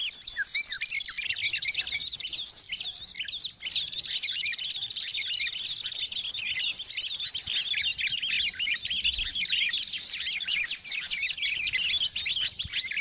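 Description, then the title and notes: Bird chorus of rapid, overlapping high twitters and chatter, steady and noisy from start to finish. Noisy birds, used as a lure to attract wild birds. "Master Burung Ribut Durasi Panjang. Burung Ribut Pikat"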